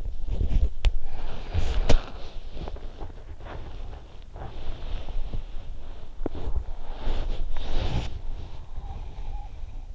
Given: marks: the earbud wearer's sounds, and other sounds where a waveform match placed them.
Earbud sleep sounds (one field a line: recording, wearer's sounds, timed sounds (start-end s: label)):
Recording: sounds in sleep by an in-ear microphone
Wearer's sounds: body movement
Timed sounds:
0.00-9.45 s: body movement